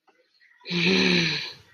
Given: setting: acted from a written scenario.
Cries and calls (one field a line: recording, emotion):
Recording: vocal sound without words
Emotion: anger